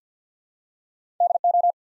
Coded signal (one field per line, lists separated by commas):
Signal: Morse code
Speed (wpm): 50 wpm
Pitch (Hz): 700 Hz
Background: none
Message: DO